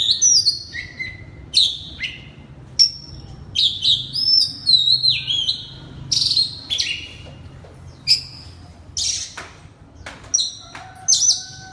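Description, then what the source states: Oriental magpie-robin song, a varied run of loud whistles, sweeps and sharp clicks, phrases coming in quick bursts separated by brief pauses. Loud song in the Indonesian 'ngeplong' style, bird called kacer.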